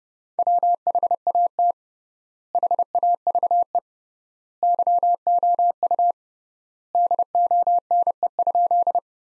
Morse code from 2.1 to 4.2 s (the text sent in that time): HAVE